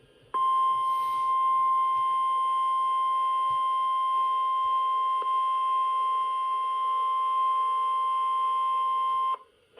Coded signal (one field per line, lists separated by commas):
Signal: Emergency Alert System (SAME) tones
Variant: 1050 Hz attention tone